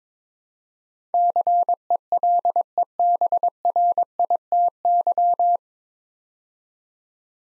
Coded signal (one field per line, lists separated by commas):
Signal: Morse code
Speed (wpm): 22 wpm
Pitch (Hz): 700 Hz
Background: none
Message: CELEBRITY